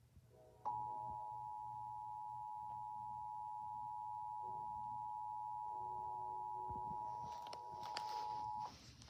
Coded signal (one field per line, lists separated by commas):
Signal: Emergency Alert System (SAME) tones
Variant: 853 and 960 Hz attention tone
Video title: (EAS #48) Required Monthly Test in New Jersey (Aug 20, 2024) (NJPBS Version)